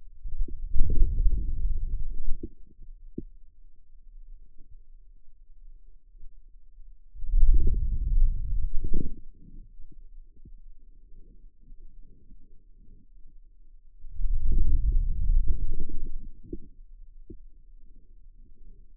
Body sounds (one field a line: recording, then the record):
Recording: forearm muscle sounds (acoustic myography)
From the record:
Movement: wrist flexion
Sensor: system 2, bracelet of six BSWA MPA416 microphones around the upper forearm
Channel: 4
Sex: male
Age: 22 years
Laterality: right